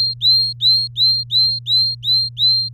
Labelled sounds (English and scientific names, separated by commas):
Domestic Canary (Serinus canaria) song